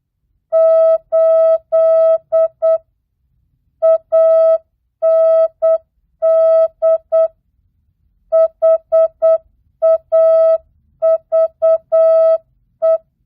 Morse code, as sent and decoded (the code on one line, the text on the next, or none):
---.. / .- -. -.. / .... .- ...- .
8 AND HAVE